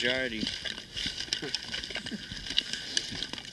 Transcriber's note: laughs